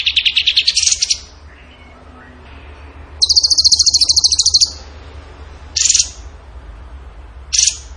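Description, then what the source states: Bird song of rapid stuttering trills: a pulsed phrase, a longer high buzzy trill, then two brief clipped bursts. Masteran training recording; tembakan gacor song style.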